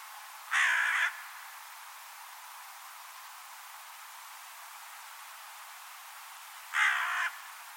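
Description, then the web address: Bird giving two rough, hoarse caws about six seconds apart, with steady hiss between. "cianscape birddata Deverinetal 2025 Bird Only Co Co"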